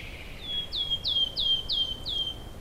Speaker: Sirittäjä viheltää terveisensä äsken kuuluneelle mustarastaan, voisiko sanoa karjaisulla.